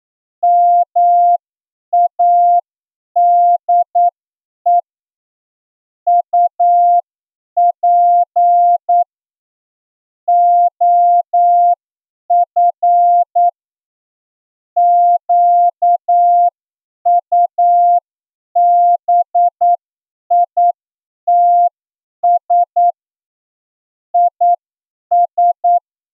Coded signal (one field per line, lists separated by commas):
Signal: Morse code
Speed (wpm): 9 wpm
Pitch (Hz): 700 Hz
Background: none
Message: MADE UP OF QUBITS IS